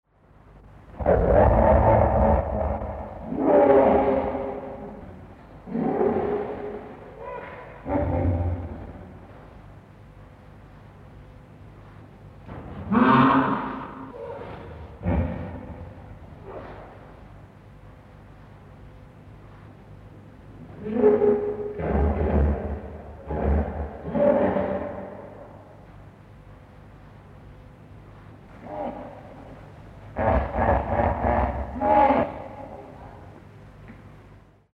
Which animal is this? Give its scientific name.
Hippopotamus amphibius